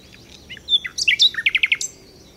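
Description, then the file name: Common nightingale song phrase, brief and varied: a few sharp chirps followed by a quick burst of repeated notes and a high closing note. "Luscinia megarhynchos"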